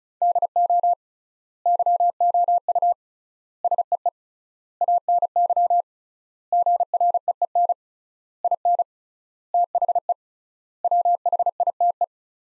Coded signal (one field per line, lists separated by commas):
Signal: Morse code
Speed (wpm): 36 wpm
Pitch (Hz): 700 Hz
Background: none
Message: DO YOU SEE ANY GREEN IN THE WHITE